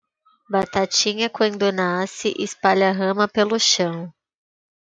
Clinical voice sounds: short text; Brazilian Portuguese; female; 20 to 29 years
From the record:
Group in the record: control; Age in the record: 25 years

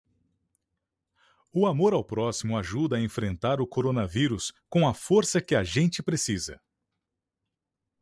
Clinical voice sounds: spoken sentence; Brazilian Portuguese; male; 30 to 39 years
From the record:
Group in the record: control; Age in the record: 37 years

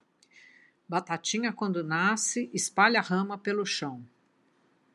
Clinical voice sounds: short text; Brazilian Portuguese; female; 60 to 69 years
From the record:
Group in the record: control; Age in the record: 67 years

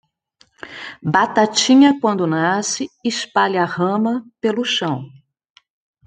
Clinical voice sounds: short text; Brazilian Portuguese; female; 50 to 59 years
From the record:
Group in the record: control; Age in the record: 52 years

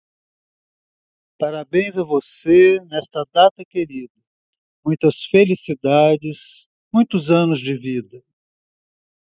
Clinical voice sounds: short text; Brazilian Portuguese; male; 60 to 69 years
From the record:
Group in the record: control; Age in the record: 67 years

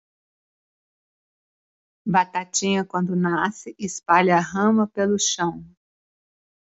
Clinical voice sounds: short text; Brazilian Portuguese; female; 50 to 59 years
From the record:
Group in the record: control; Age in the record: 58 years

